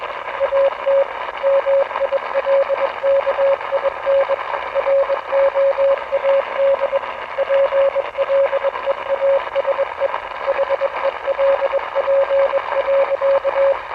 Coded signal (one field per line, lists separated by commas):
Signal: Morse code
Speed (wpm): 22 wpm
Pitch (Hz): 550 Hz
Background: speech, radio noise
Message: AT MILKIN ROAD PLEASE HELP.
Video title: Radio_signal_1 Morse code #analoghorror